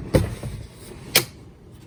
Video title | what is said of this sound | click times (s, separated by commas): Removing Factory Soft Top and Installing a Hard Top On My Jeep Wrangler JLU - Window Cover Kit | And then you just heard it kind of click into place. | 1.2 s